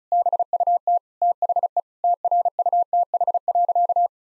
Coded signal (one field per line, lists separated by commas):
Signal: Morse code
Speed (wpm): 36 wpm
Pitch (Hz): 700 Hz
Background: none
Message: BUT THE TRUTH.